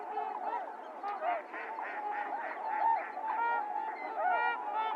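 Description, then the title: Trumpeter swans producing a continuous din of nasal honks, several birds overlapping, with a few louder trumpeting notes rising above the chorus. Recorded 28 January 2022; several swans; low frequencies filtered out. "1 28 22 trumpeter swans lowcut"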